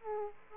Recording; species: mosquito wingbeat signal from an infrared sensor; Aedes aegypti